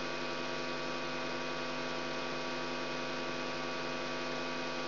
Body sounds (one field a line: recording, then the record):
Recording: brain microelectrode recording played as sound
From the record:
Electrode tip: outside the subthalamic nucleus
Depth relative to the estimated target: -6 mm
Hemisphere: left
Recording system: AlphaMap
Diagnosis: Parkinson's disease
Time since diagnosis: 16 years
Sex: male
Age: 67 years